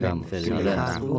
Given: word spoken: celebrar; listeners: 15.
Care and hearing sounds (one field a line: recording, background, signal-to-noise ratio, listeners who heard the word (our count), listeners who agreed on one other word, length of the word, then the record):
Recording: one Spanish word in noise, from a listening test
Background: four-talker babble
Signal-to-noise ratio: -3.0 dB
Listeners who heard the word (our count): 0 of 15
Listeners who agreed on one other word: 7 of 15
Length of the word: 0.79 s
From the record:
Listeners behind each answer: 7, 1, 1, 1, 1, 1, 1, 1, 1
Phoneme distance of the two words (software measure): 42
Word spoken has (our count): 3 syllables, 8 phonemes, stress on syllable 3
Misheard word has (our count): 3 syllables, 8 phonemes, stress on syllable 3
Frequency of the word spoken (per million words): 23.64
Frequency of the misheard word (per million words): 5.12